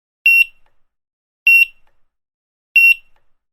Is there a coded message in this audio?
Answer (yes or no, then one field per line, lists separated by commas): no